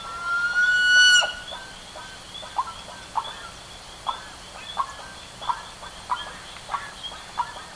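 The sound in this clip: Bird calls: one long, loud, level whistle, then evenly spaced short sharp notes about every two-thirds of a second, with a faint high drone underneath.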